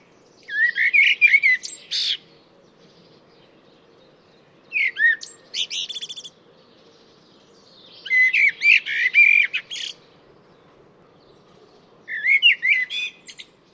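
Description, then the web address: Bird delivers four varied song phrases of whistles, chirps and scratchy high notes, each lasting a second or two with gaps between; soft background hum. "cianscape birddata Deverinetal 2025 Bird Only Tu Me Tu Me"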